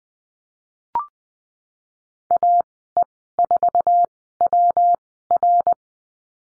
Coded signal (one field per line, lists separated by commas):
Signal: Morse code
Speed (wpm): 20 wpm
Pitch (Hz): 700 Hz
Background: none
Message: AE4WR